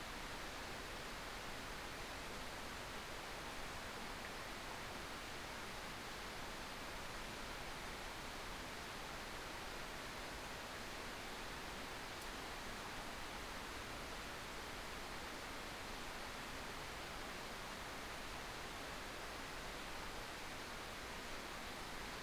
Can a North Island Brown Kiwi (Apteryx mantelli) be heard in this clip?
no